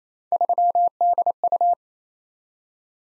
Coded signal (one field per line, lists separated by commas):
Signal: Morse code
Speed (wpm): 27 wpm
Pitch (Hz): 700 Hz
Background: none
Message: 3DU